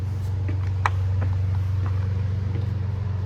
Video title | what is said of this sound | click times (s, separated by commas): Cirrus SF-50 Vision Jet - Oil Servicing Training | it's not even a quarter twist it's sort of an odd feeling until it clicks in place show it here | 0.9 s